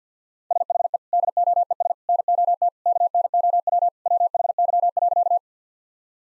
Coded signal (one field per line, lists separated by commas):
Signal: Morse code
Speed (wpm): 50 wpm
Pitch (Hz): 700 Hz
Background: none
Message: SHE DOES NOT KNOW WHY.